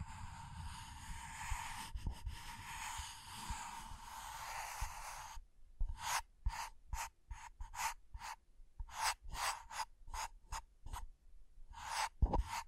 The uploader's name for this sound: Scratching & Tracing